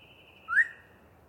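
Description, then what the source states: Yellow-breasted chat giving a single short whistled note that slurs upward and then fades, with a faint steady higher tone in the background. Long pre-dawn song bout by one very vocal bird in deciduous cover.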